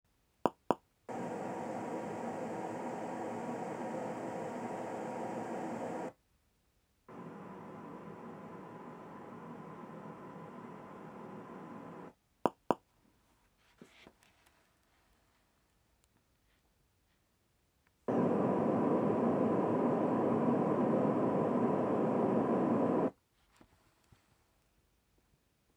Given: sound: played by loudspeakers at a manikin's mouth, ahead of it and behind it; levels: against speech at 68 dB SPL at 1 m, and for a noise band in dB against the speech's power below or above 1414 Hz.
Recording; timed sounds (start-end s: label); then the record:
test signals for a remote microphone
0.46 s: click
0.71 s: click
1.08-6.08 s: speech-spectrum noise from ahead
7.08-12.08 s: speech-spectrum noise from behind
12.46 s: click
12.71 s: click
18.08-23.08 s: speech-spectrum noise from the mouth, turned 45 degrees left
From the record:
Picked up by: measurement microphone